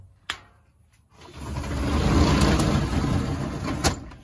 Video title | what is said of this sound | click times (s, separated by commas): 2007 Chariot Garage Dominator 45ft | also locks in place too it's got two pins on the side | 0.3 s